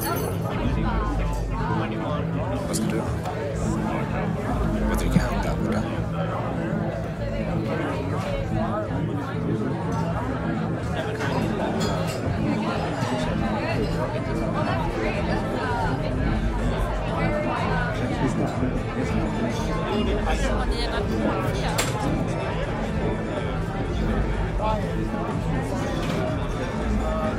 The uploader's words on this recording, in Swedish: Baren. En timme sorlande barljud.